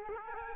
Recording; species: mosquito wingbeat signal from an infrared sensor; Aedes albopictus